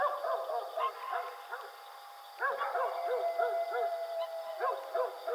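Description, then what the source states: Coyote yipping: quick, arched, wavering yelps in rapid bursts, a pause near the middle, then more yips, with a faint steady background hum. Recorded 4 April 2006.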